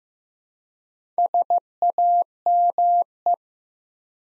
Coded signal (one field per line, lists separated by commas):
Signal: Morse code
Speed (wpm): 15 wpm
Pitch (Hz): 700 Hz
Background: none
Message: SAME